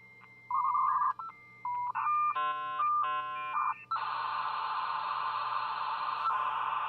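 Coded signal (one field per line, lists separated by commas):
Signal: dial-up modem handshake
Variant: 56K modem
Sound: short beeping tones, a high answer tone, warbling bursts, then steady harsh hiss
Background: room noise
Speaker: Okay, I mean, it sounds fine. I didn't hear anything wrong with that connection.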